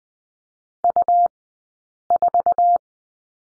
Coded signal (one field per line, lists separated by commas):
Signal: Morse code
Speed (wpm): 20 wpm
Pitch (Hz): 700 Hz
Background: none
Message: U4